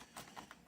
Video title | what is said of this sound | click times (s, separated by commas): How to replace batteries on a Robertshaw thermostat #thermostat #robertshaw | compress it back on. You'll hear it click. | 0.5 s